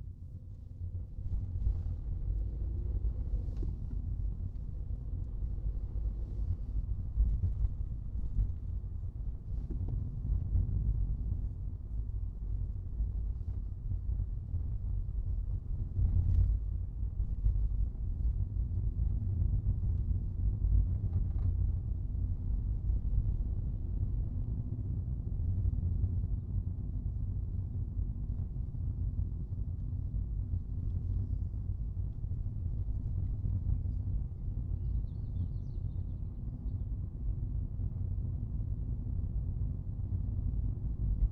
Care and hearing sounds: everyday scene through a hearing-aid microphone; in a vehicle; engine, rumble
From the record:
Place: Skoda Fabia, gasoline engine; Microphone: in the ear canal, right

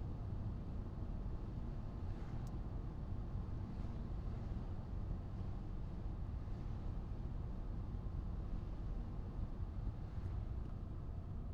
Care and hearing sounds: everyday scene through a hearing-aid microphone; in a vehicle; engine, traffic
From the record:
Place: Skoda Fabia, gasoline engine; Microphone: in the ear canal, right

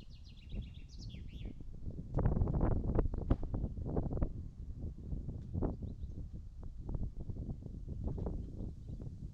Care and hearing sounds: everyday scene through a hearing-aid microphone; wind on the microphone; wind, birds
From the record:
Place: in front of a rural house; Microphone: in the ear canal, right

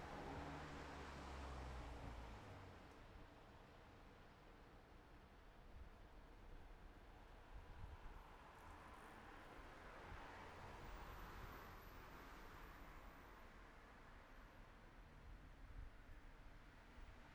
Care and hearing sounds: everyday scene through a hearing-aid microphone; in traffic; traffic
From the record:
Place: city secondary road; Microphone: behind the ear, right, front

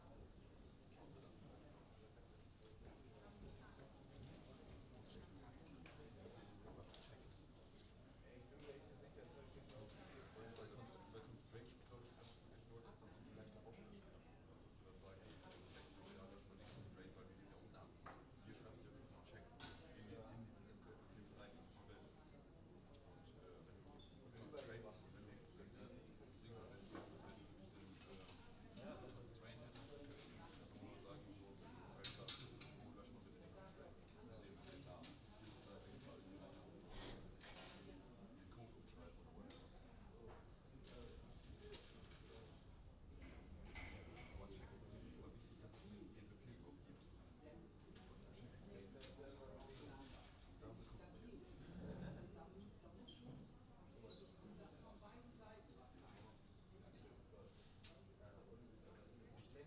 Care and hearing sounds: everyday scene through a hearing-aid microphone; many people talking; many voices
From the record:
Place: university cafeteria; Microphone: in the ear canal, right

